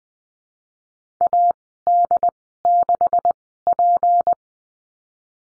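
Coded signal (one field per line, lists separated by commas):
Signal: Morse code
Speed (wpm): 20 wpm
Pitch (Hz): 700 Hz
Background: none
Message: AD6P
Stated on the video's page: Morse lesson drill on the letter G with call signs, Farnsworth speed 20/10 wpm.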